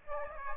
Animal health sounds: mosquito wingbeat signal from an infrared sensor; Aedes aegypti

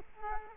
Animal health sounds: mosquito wingbeat signal from an infrared sensor; Culex quinquefasciatus

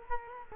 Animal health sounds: mosquito wingbeat signal from an infrared sensor; Culex quinquefasciatus

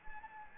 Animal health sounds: mosquito wingbeat signal from an infrared sensor; Anopheles gambiae

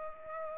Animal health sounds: mosquito wingbeat signal from an infrared sensor; Culex pipiens

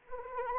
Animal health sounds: mosquito wingbeat signal from an infrared sensor; Anopheles arabiensis

